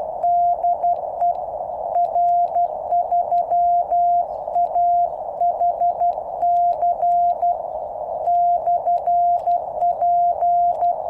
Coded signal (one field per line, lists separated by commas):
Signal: Morse code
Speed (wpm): 12 wpm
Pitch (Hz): 700 Hz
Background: radio noise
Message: DE R3AHC/P